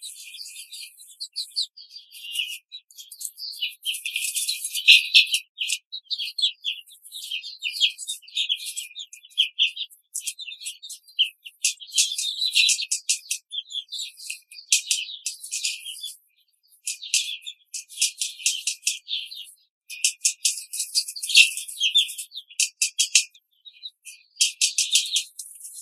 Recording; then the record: young laying hens in a cage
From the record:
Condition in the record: control cage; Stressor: none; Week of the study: 5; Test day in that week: 1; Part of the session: 2